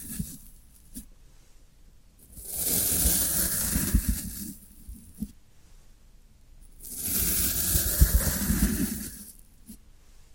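Floral foam is worked in two long bursts, one from about two to four and a half seconds and another from about seven to nine. Each is a dense, hissing crunch with a soft low rumble beneath. Between them, only faint scattered clicks and near silence.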